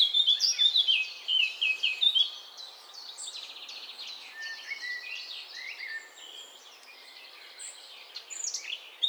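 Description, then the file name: Eurasian blackcap with a loud burst of rich, rapid warbling in the opening two seconds, then quieter chirping. "Sylvia atricapilla"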